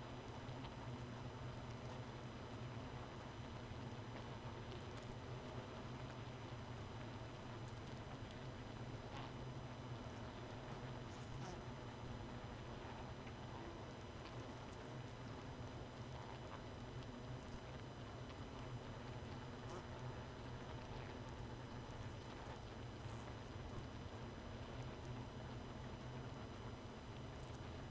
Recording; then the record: honeybee colony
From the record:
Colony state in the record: missing queen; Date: 31 May 2018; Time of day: 1:11